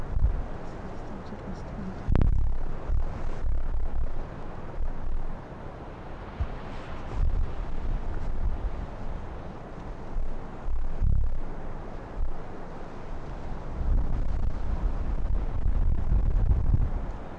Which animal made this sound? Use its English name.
Arctic Fox